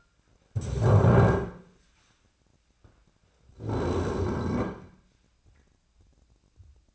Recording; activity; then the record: daily activity, microphone in the room; stand up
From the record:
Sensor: 2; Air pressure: 1009.1 hPa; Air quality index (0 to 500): 173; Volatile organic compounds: 2 ppm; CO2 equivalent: 1262 ppm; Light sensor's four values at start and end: 35/92/39/42 and 38/101/43/46